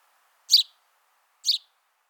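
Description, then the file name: House sparrow giving two bright, slightly double-noted chirps about a second apart, with nothing else audible. "Passer domesticus"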